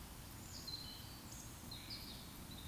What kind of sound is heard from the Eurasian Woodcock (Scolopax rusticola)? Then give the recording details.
whistle. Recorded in Baden-Württemberg, Germany, on 19 June 2020 at 19:50 UTC. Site 44397, 226 m above sea level